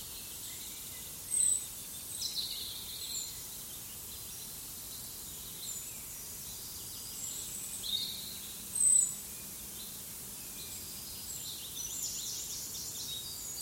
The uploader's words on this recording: A soundscape of forest recordings. Forest soundscape.